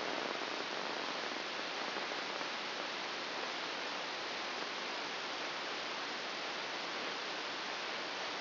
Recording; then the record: brain microelectrode recording played as sound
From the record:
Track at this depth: inside the subthalamic nucleus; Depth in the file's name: 4.002 mm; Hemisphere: left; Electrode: 1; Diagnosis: Parkinson's disease